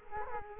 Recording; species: mosquito wingbeat signal from an infrared sensor; Culex quinquefasciatus